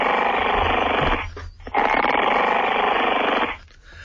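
An adult snoring: two long, loud, harsh buzzing snores separated by a brief quieter pause, with a rattling quality like a garden hedge cutter.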